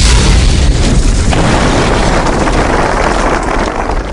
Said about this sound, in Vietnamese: Oanh một tiếng rung trời. Vách đá lõm vào một lỗ lớn, đá vụn văng rất xa.